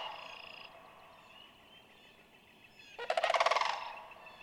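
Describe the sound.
Sandhill crane giving a single rolling rattle near the end, after a faint steady high-pitched tone and quiet background.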